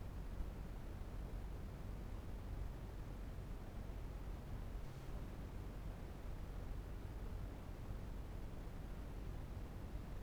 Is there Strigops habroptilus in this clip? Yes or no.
no